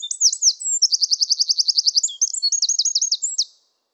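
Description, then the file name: Eurasian wren song caught partway through: high looping notes running into a rapid steady trill, then a final burst of looping chirps. "Troglodytes troglodytes"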